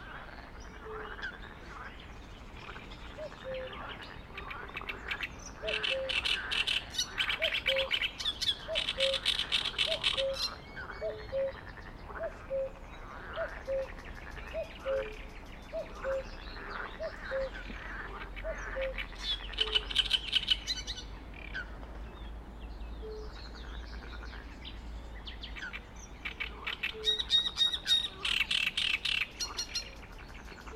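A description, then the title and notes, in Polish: Birdsong rises over a pond, with a reed warbler's harsh, chattering phrases repeating in bursts throughout and a soft series of low, evenly spaced calls around 500 notes, like fire-bellied toads. A faint low rumble sits underneath the whole recording. Sołtysowice - Wrocław, the Pond Near The Korona Shopping Center. Nagrane nad stawem na Sołtysowicach, blisko linii kolejowej. Rekorder, mikrofon: sony pcm d50, mic rode nt4, FEL BMA preamplifier Autor nagrania: Bartosz Grzyb. Kaczki, kumaki, trzciniak, kukułka.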